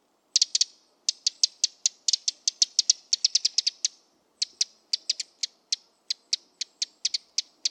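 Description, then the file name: Eurasian wren calling with rapid, dry clicking ticks, sometimes run into quick rattling series, continuing steadily apart from one brief pause. "Troglodytes troglodytes"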